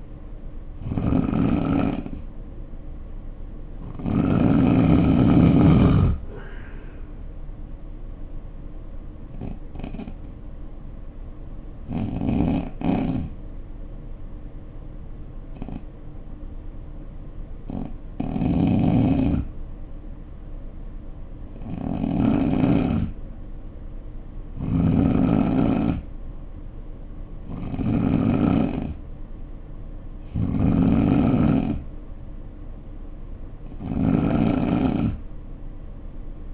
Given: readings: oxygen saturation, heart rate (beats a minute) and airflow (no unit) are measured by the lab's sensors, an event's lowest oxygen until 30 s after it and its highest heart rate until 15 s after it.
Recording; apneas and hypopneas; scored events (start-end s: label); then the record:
breathing in sleep by a smartphone at the bedside; 1
14.00-31.10 s: hypopnea (N3, oxygen 92% highest, then 88% lowest, heart rate 66 at the start, 66 highest)
24.00-36.54 s: new sleep stage, N2 (light sleep)
From the record:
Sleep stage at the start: N3 (deep sleep); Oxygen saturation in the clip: 88 to 92%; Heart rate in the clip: 58 to 71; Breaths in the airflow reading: 9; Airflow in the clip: -8.1 to 8.5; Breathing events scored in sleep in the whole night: 520 in 7.2 hours asleep